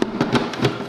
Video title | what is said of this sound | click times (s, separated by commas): Brewers Best Holiday Ale | kind of snap in place good | 0.0 s, 0.2 s, 0.3 s, 0.5 s, 0.6 s